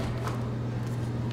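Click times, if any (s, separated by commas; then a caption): none. A window sash lock on a double-hung window is handled after the lower sash has been returned, ready to be secured. A steady low hum runs throughout, with a brief soft transient near 1.3 seconds. Nothing has seated or latched yet.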